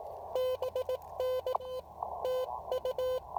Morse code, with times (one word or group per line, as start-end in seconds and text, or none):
0.4-1.5 BN
2.2-3.2 TU